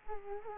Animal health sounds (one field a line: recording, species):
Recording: mosquito wingbeat signal from an infrared sensor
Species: Culex quinquefasciatus